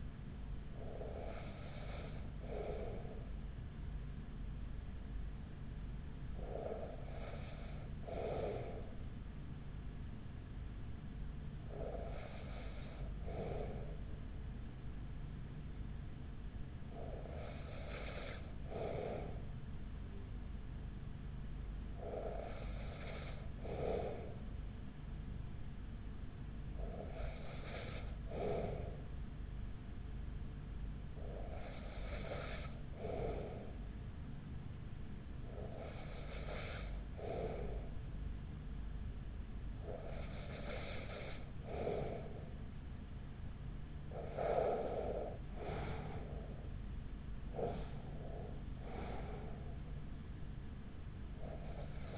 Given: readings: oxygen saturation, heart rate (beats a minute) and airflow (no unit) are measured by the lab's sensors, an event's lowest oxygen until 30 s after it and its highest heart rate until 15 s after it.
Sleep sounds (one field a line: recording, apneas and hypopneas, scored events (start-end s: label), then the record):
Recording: breathing in sleep by a smartphone at the bedside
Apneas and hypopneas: 1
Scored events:
4.00-47.40 s: hypopnea (N2, oxygen 95% highest, then 94% lowest, heart rate 37 at the start, 51 highest)
From the record:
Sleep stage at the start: N2 (light sleep)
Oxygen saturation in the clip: 94 to 95%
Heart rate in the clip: 37 to 51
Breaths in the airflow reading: 11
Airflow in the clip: -6.9 to 6.6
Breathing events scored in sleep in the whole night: 207 in 7.6 hours asleep